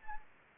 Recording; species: mosquito wingbeat signal from an infrared sensor; Anopheles arabiensis